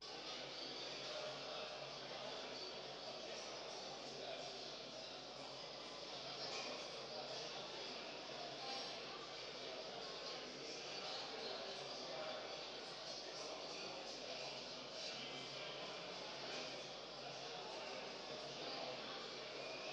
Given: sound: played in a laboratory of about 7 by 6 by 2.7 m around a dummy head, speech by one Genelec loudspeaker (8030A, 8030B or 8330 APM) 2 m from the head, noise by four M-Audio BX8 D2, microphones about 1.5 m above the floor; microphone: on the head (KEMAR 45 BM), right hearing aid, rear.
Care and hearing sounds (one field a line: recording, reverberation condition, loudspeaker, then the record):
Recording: cafeteria noise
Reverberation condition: high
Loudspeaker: four, about 170 cm from the corners of the room and facing them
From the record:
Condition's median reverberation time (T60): about 1300 ms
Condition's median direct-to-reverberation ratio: about -4.0 dB